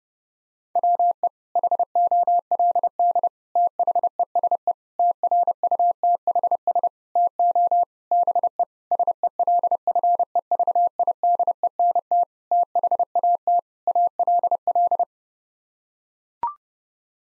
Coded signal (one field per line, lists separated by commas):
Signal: Morse code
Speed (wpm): 30 wpm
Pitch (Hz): 700 Hz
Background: none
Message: WE HOLD THESE TRUTHS TO BE SELFEVIDENT THAT ALL